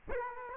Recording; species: mosquito wingbeat signal from an infrared sensor; Culex quinquefasciatus